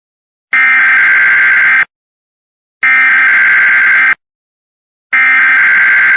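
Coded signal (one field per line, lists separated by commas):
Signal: Emergency Alert System (SAME) tones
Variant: header bursts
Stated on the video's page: Fictional EAS scenario for entertainment, not a real event.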